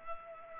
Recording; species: mosquito wingbeat signal from an infrared sensor; Culex pipiens